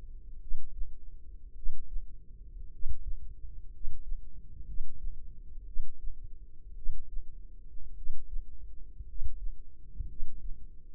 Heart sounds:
heart sounds by microphone in the left ear; 56 bpm
0.39 s: heartbeat
1.54 s: heartbeat
2.70 s: heartbeat
3.70 s: heartbeat
4.64 s: heartbeat
5.64 s: heartbeat
6.74 s: heartbeat
7.94 s: heartbeat
9.05 s: heartbeat
10.06 s: heartbeat
From the record:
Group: healthy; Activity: rest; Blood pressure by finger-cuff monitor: 105/54 mmHg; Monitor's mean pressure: 67 mmHg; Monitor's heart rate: 54 bpm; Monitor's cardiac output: 5.2 L/min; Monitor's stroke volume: 91 mL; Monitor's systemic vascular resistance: 930 dyn s/cm5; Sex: male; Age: 25 years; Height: 170 cm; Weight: 70.4 kg

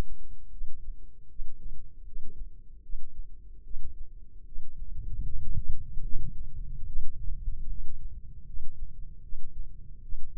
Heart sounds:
heart sounds by microphone in the left ear; 76 bpm
0.50 s: heartbeat
1.28 s: heartbeat
2.04 s: heartbeat
2.81 s: heartbeat
3.63 s: heartbeat
4.44 s: heartbeat
5.21 s: heartbeat
6.02 s: heartbeat
6.85 s: heartbeat
7.67 s: heartbeat
8.45 s: heartbeat
9.21 s: heartbeat
10.01 s: heartbeat
From the record:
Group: healthy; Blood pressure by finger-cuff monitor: 89/61 mmHg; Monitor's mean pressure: 69 mmHg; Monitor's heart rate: 77 bpm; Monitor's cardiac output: 5.6 L/min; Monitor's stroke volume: 74 mL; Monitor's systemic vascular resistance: 880 dyn s/cm5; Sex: female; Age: 19 years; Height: 163 cm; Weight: 51 kg

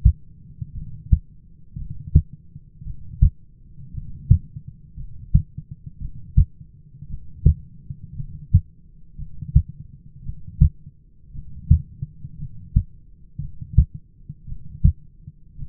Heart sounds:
heart sounds by stethoscope; 57 bpm
0.74 s: heartbeat
1.77 s: heartbeat
2.85 s: heartbeat
3.93 s: heartbeat
4.96 s: heartbeat
6.00 s: heartbeat
7.09 s: heartbeat
8.15 s: heartbeat
9.17 s: heartbeat
10.24 s: heartbeat
11.33 s: heartbeat
12.37 s: heartbeat
13.40 s: heartbeat
14.47 s: heartbeat
15.57 s: heartbeat
From the record:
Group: heart failure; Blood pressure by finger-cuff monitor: 113/65 mmHg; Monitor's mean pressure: 78 mmHg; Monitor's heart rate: 56 bpm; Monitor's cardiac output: 6.3 L/min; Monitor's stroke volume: 112 mL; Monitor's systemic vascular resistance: 890 dyn s/cm5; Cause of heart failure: dilated cardiomyopathy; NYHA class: 2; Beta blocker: bisoprolol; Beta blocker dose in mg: 10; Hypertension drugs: sacubitril-valsartan, spironolactone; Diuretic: furosemide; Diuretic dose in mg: 40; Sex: male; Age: 29 years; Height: 174 cm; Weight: 92 kg

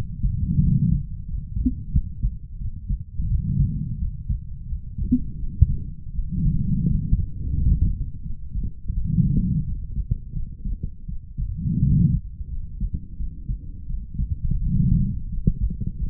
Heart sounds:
heart sounds by stethoscope; 86 bpm
0.60 s: heartbeat
1.26 s: heartbeat
1.91 s: heartbeat
2.58 s: heartbeat
3.27 s: heartbeat
3.98 s: heartbeat
4.66 s: heartbeat
5.36 s: heartbeat
6.12 s: heartbeat
6.86 s: heartbeat
7.54 s: heartbeat
8.22 s: heartbeat
8.93 s: heartbeat
9.64 s: heartbeat
10.32 s: heartbeat
11.06 s: heartbeat
11.80 s: heartbeat
12.49 s: heartbeat
13.16 s: heartbeat
13.86 s: heartbeat
14.59 s: heartbeat
15.29 s: heartbeat
15.96 s: heartbeat
From the record:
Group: healthy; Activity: rest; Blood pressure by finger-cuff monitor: 95/48 mmHg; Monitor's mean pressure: 67 mmHg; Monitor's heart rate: 86 bpm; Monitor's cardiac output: 9.1 L/min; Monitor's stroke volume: 105 mL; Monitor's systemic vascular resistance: 510 dyn s/cm5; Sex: female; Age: 23 years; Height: 160 cm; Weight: 50.4 kg

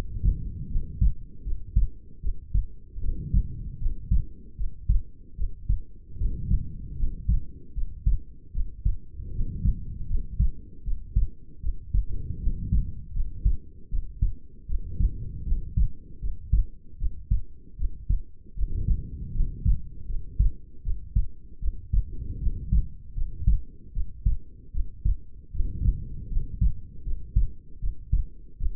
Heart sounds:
heart sounds by stethoscope; 77 bpm
0.68 s: heartbeat
1.42 s: heartbeat
2.20 s: heartbeat
3.00 s: heartbeat
3.78 s: heartbeat
4.55 s: heartbeat
5.35 s: heartbeat
6.16 s: heartbeat
6.96 s: heartbeat
7.73 s: heartbeat
8.51 s: heartbeat
9.31 s: heartbeat
10.07 s: heartbeat
10.83 s: heartbeat
11.60 s: heartbeat
12.38 s: heartbeat
13.12 s: heartbeat
13.88 s: heartbeat
14.66 s: heartbeat
15.44 s: heartbeat
16.19 s: heartbeat
16.97 s: heartbeat
17.76 s: heartbeat
18.54 s: heartbeat
19.32 s: heartbeat
20.06 s: heartbeat
20.82 s: heartbeat
21.59 s: heartbeat
22.38 s: heartbeat
23.14 s: heartbeat
23.92 s: heartbeat
24.71 s: heartbeat
25.51 s: heartbeat
26.29 s: heartbeat
27.03 s: heartbeat
27.79 s: heartbeat
28.57 s: heartbeat
From the record:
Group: healthy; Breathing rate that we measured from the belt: 20 breaths a minute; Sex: female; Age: 22 years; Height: 160 cm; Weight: 45 kg

